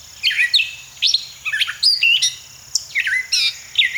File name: Gray Catbird - Dumetella carolinensis